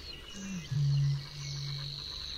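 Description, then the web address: Eurasian bittern boom: a short gulping intake, then one deep resonant boom fading away, over a thin high insect whine. "Kurs materiały Przyroda Ptaki BĄK"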